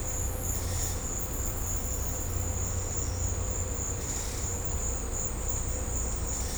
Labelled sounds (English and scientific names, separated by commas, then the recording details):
none
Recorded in secondary vegetation near Puerto Asís, Putumayo, Colombia, on 18 December 2024 at 14:00
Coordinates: 0.502, -76.326
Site G028